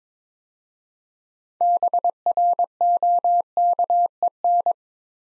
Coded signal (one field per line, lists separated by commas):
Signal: Morse code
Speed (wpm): 22 wpm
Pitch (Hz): 700 Hz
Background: none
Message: BROKEN